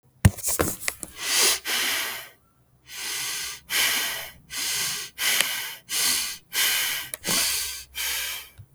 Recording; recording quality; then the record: shallow breathing; excellent, no background noise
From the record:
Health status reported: healthy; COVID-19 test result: not tested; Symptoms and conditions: cough, diabetes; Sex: female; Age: 38 years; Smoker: not ticked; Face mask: not worn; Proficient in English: yes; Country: India